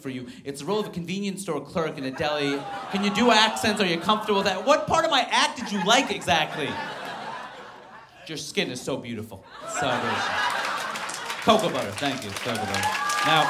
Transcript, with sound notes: It's the role of a convenience store clerk in a deli. Can you do accents? Are you comfortable with that? What part of my act did you like, exactly?
(LAUGHTER)
Your skin is so beautiful. So - cocoa butter. Thank you. Cocoa butter.